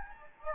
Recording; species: mosquito wingbeat signal from an infrared sensor; Anopheles gambiae